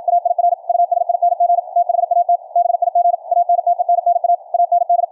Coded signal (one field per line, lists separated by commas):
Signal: Morse code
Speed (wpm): 55 wpm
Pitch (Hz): 700 Hz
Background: radio noise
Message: AIR USING THAT BIG ANTENNA AND